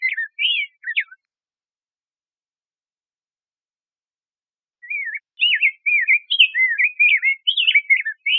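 Rose-breasted grosbeak singing short rich warbled phrases, a brief burst at the start, then a pause of nearly four seconds before a longer run of sweet notes.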